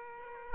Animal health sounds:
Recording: mosquito wingbeat signal from an infrared sensor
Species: Aedes aegypti

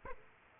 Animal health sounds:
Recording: mosquito wingbeat signal from an infrared sensor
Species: Aedes aegypti

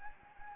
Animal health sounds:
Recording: mosquito wingbeat signal from an infrared sensor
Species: Anopheles gambiae

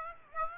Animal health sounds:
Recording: mosquito wingbeat signal from an infrared sensor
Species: Aedes aegypti

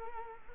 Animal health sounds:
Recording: mosquito wingbeat signal from an infrared sensor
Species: Culex quinquefasciatus

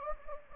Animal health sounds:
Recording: mosquito wingbeat signal from an infrared sensor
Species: Anopheles gambiae

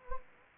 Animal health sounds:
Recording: mosquito wingbeat signal from an infrared sensor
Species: Anopheles gambiae

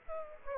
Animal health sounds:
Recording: mosquito wingbeat signal from an infrared sensor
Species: Aedes aegypti

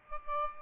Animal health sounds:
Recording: mosquito wingbeat signal from an infrared sensor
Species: Aedes albopictus

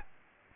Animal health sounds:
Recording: mosquito wingbeat signal from an infrared sensor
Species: Aedes albopictus

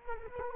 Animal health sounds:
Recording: mosquito wingbeat signal from an infrared sensor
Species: Culex quinquefasciatus

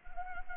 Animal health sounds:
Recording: mosquito wingbeat signal from an infrared sensor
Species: Anopheles arabiensis

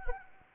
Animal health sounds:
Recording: mosquito wingbeat signal from an infrared sensor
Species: Anopheles arabiensis

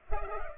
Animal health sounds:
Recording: mosquito wingbeat signal from an infrared sensor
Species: Culex pipiens

